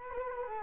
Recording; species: mosquito wingbeat signal from an infrared sensor; Culex quinquefasciatus